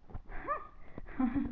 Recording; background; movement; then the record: laughter; quiet; sitting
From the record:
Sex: female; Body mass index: 22.6 kg/m2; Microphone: on the chest, facing the body